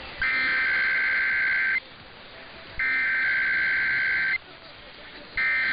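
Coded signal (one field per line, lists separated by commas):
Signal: Emergency Alert System (SAME) tones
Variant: header bursts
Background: speech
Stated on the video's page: Routine Monday Required Weekly Tests (RWTs) on the Emergency Alert System.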